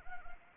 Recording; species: mosquito wingbeat signal from an infrared sensor; Anopheles arabiensis